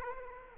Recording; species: mosquito wingbeat signal from an infrared sensor; Aedes aegypti